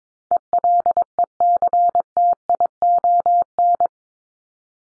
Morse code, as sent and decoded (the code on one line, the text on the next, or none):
. .-.. . -.-. - .. --- -.
ELECTION